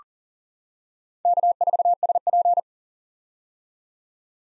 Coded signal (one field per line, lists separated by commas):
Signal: Morse code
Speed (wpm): 39 wpm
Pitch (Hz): 700 Hz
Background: none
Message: K4SP